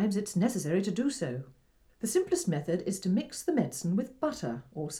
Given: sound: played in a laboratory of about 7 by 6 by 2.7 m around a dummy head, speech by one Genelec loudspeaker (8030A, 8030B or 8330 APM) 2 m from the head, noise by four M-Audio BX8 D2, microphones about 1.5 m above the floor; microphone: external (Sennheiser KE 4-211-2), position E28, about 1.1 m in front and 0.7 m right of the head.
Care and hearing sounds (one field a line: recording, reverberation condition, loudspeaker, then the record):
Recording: female speech in English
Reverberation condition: low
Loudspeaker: in front (0 degrees)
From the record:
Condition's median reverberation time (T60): about 310 ms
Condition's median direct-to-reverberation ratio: about 3.5 dB